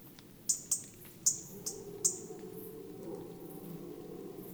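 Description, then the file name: European robin calls: five separate sharp, high ticks spread over about one and a half seconds, fading into quiet low background noise. "Erithacus rubecula"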